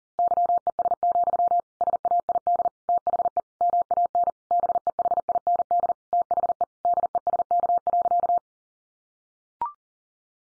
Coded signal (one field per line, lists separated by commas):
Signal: Morse code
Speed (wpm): 40 wpm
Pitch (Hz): 700 Hz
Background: none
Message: YES, SAID THE MAN BEHIND THE DESK.